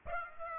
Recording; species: mosquito wingbeat signal from an infrared sensor; Aedes albopictus